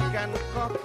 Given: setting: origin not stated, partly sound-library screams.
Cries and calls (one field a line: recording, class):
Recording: one-second piece from a danger detection set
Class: normal situation